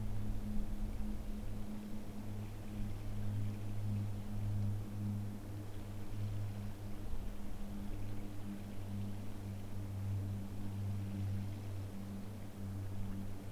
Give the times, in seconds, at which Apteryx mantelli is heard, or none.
none